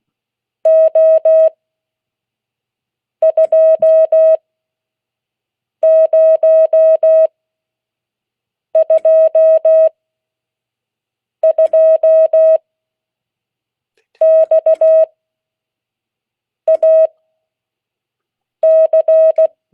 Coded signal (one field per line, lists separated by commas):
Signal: Morse code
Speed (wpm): 16 wpm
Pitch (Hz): 640 Hz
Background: none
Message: O 2 0 2 2 X A C